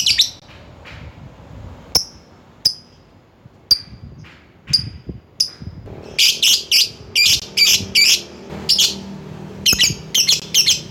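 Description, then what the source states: Lovebird calls, a few sparse sharp chirps at first, then a fast run of shrill squawking notes. Lovebird calling to a rival.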